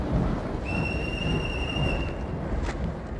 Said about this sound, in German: Wir lassen gleich auch einen Zug abfahren. Bitte von der Bahnsteigkante zurücktreten. Der Zug nach London fährt ab.